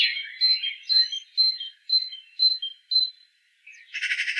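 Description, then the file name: Great tit calls: bright, evenly spaced high notes about twice a second, then a harsh buzzy chatter near the end. "Parus major"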